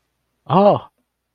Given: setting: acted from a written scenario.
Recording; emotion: vocal sound without words; negative surprise